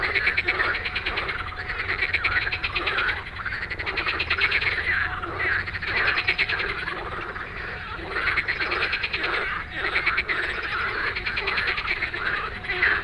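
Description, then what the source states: Frog chorus, loud and continuous, with rattling pulsed croaks rolling in overlapping waves and a faint steady hum underneath. Dense evening frog chorus after dark in Stromovka Park, Prague, many frogs calling; 18 May 2022 from 22:08, recorded with a Sony PCM-D100.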